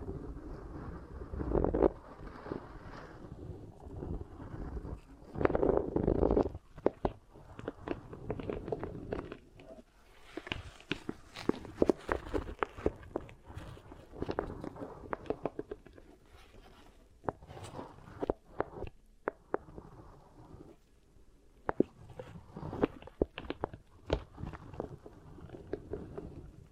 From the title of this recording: Beeswax Ear Triggers